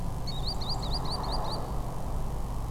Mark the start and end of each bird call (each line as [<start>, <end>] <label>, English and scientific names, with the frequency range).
[0.26, 1.58] Green Sandpiper (Tringa ochropus) (3.4-9.8 kHz)